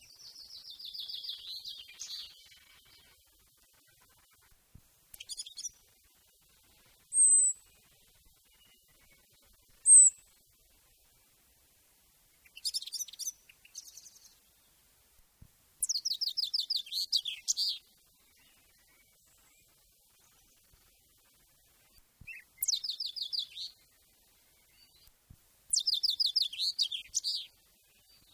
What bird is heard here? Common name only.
Common Chaffinch